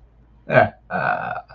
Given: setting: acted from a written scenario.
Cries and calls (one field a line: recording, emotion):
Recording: vocal sound without words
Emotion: pride